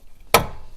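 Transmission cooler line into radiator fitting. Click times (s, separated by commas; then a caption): 0.4 s. The lower transmission cooler line's tapered fitting is pushed into the radiator's quick-connect fitting on a GM truck/SUV until it latches. A single sharp click at 0.4 s stands out against low background noise, and its ring fades quickly. The line is seated.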